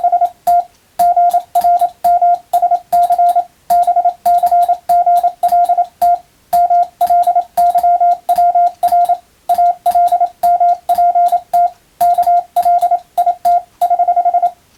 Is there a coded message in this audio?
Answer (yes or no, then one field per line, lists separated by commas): yes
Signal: Morse code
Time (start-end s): 0.0-14.5 s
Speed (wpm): 27 wpm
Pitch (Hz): 700 Hz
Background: radio noise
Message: ST GRMSC BCGLT MLYWR ALMPT KLIT<HH>